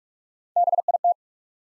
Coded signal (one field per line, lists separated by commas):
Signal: Morse code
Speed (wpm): 44 wpm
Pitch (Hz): 700 Hz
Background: none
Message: BIT